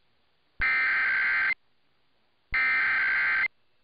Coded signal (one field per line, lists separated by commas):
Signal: Emergency Alert System (SAME) tones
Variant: header bursts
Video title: [EAS #1742] Hawaii Required Monthly Test over KSSK AM 590